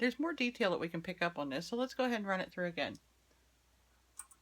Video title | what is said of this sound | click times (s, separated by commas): Using a Harbor Freight 20 Ton Hydraulic Press for Impression Dies | Now when you reposition your die back in, you can kind of hold it until it kind of clicks in place, and then you know | 4.2 s